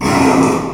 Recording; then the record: squeal of a Yucatan mini pig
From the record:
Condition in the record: after surgery on the right vocal fold (resection and tissue-engineered implant); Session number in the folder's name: 1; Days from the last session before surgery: 6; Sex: male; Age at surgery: 12 weeks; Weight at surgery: 13 kg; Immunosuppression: cyclosporine, prednisolone